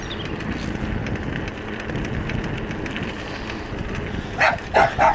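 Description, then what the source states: Dog barking three times near the end, short sharp barks in quick succession, after steady rumbling noise. Heard during a bike ride near home, on the Buchan Plain in north-east Scotland.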